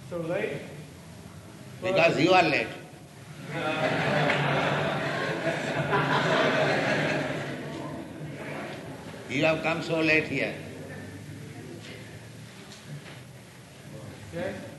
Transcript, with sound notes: So late?
Because you are late. [laughter] You have come so late here.
Yes?